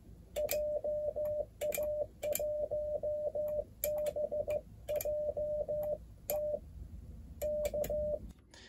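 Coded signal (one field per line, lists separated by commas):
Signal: Morse code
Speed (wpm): 15 wpm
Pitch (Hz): 600 Hz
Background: radio noise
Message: JA1BJT K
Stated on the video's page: Morse keyed with a paddle and electronic keyer as a beginner CW sending lesson.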